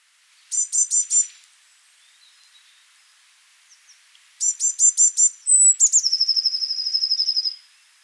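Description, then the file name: Eurasian blue tit: two short bursts of a few high, rapid notes, then a high note followed by a long rapid trill. "Cyanistes caeruleus"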